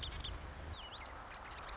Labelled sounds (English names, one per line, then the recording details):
Marsh Wren
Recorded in Sonoma County, California